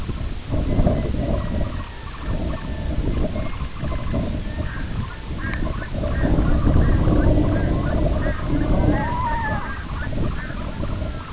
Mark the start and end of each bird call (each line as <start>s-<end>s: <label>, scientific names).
0.01s-4.22s: Calidris alba
0.62s-10.66s: Gavia stellata
4.51s-11.11s: Calidris alba